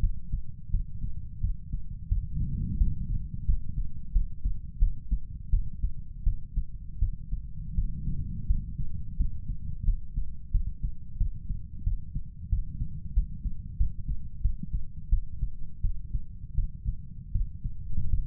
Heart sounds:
heart sounds by stethoscope; 86 bpm
0.70 s: heartbeat
1.40 s: heartbeat
2.08 s: heartbeat
2.77 s: heartbeat
3.45 s: heartbeat
4.12 s: heartbeat
4.78 s: heartbeat
5.50 s: heartbeat
6.23 s: heartbeat
6.99 s: heartbeat
7.74 s: heartbeat
8.46 s: heartbeat
9.16 s: heartbeat
9.84 s: heartbeat
10.51 s: heartbeat
11.17 s: heartbeat
11.83 s: heartbeat
12.49 s: heartbeat
13.13 s: heartbeat
13.77 s: heartbeat
14.41 s: heartbeat
15.09 s: heartbeat
15.81 s: heartbeat
16.55 s: heartbeat
17.32 s: heartbeat
18.10 s: heartbeat
From the record:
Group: healthy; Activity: cold pressor test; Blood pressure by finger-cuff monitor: 115/84 mmHg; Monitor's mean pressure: 97 mmHg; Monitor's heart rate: 86 bpm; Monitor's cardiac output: 5.8 L/min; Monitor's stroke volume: 67 mL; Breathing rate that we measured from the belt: 11 breaths a minute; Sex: male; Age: 35 years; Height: 178 cm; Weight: 64 kg

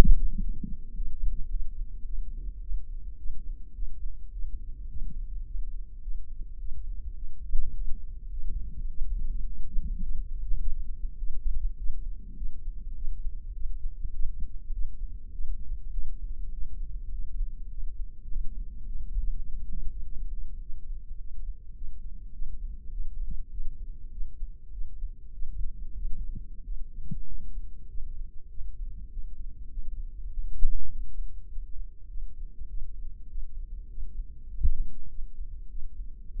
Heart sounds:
heart sounds by microphone in the left ear; 102 bpm
0.44 s: heartbeat
0.97 s: heartbeat
1.52 s: heartbeat
2.08 s: heartbeat
2.64 s: heartbeat
3.20 s: heartbeat
3.77 s: heartbeat
4.35 s: heartbeat
4.92 s: heartbeat
5.48 s: heartbeat
6.05 s: heartbeat
6.61 s: heartbeat
7.18 s: heartbeat
7.76 s: heartbeat
8.33 s: heartbeat
8.91 s: heartbeat
9.48 s: heartbeat
10.06 s: heartbeat
10.63 s: heartbeat
11.21 s: heartbeat
11.80 s: heartbeat
12.40 s: heartbeat
12.98 s: heartbeat
13.57 s: heartbeat
14.16 s: heartbeat
14.75 s: heartbeat
15.35 s: heartbeat
15.95 s: heartbeat
16.55 s: heartbeat
17.15 s: heartbeat
17.73 s: heartbeat
18.31 s: heartbeat
18.89 s: heartbeat
19.47 s: heartbeat
20.06 s: heartbeat
20.64 s: heartbeat
21.21 s: heartbeat
21.78 s: heartbeat
22.35 s: heartbeat
22.94 s: heartbeat
23.54 s: heartbeat
24.15 s: heartbeat
24.75 s: heartbeat
25.36 s: heartbeat
25.99 s: heartbeat
26.66 s: heartbeat
27.30 s: heartbeat
27.92 s: heartbeat
28.53 s: heartbeat
29.13 s: heartbeat
29.73 s: heartbeat
30.33 s: heartbeat
30.93 s: heartbeat
31.52 s: heartbeat
32.11 s: heartbeat
32.71 s: heartbeat
33.31 s: heartbeat
33.92 s: heartbeat
34.52 s: heartbeat
35.12 s: heartbeat
35.72 s: heartbeat
36.32 s: heartbeat
From the record:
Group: healthy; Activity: rest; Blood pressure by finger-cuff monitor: 164/75 mmHg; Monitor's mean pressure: 98 mmHg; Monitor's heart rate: 103 bpm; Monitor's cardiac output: 9.4 L/min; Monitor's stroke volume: 90 mL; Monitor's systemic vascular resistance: 790 dyn s/cm5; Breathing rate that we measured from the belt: 17 breaths a minute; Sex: male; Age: 21 years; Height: 175 cm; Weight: 72.6 kg

